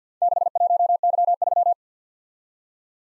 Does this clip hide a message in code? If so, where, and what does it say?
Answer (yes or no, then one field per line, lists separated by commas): yes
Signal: Morse code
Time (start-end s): 0.2-1.7 s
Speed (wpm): 49 wpm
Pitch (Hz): 700 Hz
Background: none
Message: 61Y3